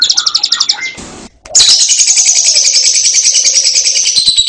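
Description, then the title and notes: Lovebird chirping in quick pulses, broken by a brief noisy gap, then a loud continuous high chattering trill. Masteran (tutor audio) for training other birds to sing. "Suara Burung Lovbred Buat Masteran"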